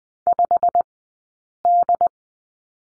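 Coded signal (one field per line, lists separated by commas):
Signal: Morse code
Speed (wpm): 20 wpm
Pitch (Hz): 700 Hz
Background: none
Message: 5D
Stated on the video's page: Morse code course lesson on the number 3, two-character groups, Farnsworth speed 20/10 wpm.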